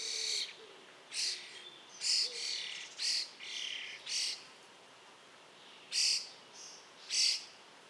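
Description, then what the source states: Common starling singing scratchy, clicking bursts of varied high chatter with irregular gaps, plus a few soft low whistled notes early on and constant background hiss. Nominate subspecies Sturnus vulgaris vulgaris.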